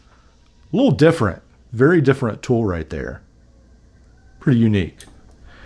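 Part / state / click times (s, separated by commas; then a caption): fold-out implement locking into a multi-tool handle / not seated / none. Someone talks while handling a fold-out reamer/awl combination implement on a metal Toler Union multi-tool as it is swung out toward its locked position. Only speech and faint background handling are heard. The implement has not snapped or locked into place yet.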